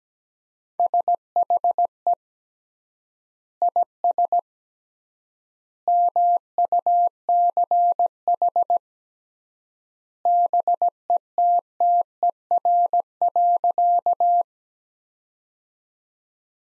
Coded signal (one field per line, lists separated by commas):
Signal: Morse code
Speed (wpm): 17 wpm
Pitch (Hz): 700 Hz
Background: none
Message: SHE IS MUCH BETTER.